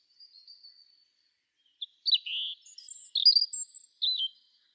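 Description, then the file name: European robin starting with a thin, drawn-out high whistle, followed by a short string of sweet slurred notes and quick chirpy flourishes. "Erithacus rubecula"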